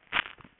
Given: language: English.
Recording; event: throat vibration sensor signal played as sound; swallow